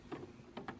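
A wire connector on a vending machine coin mechanism is pushed straight down into its socket on the mechanism board. A softer knock sounds at about 0.1 s, then two sharp clicks at 0.6 s and 0.7 s as the connector seats in place.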